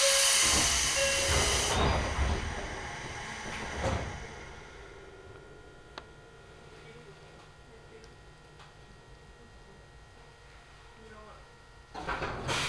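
Ride on an Omi Railway train: loud rumbling and clatter at first, then a quiet steady hum with faint clicks, before the noise swells again near the end.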